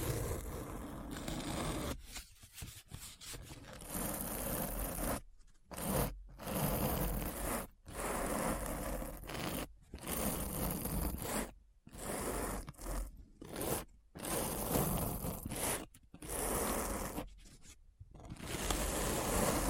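Dense scratching fills the recording in bursts of rough, full-range rasping, running from low rumble up to bright hiss. Strokes come in uneven runs of a second or two, broken by sudden short silences about every few seconds, with a slight zipper-like grain.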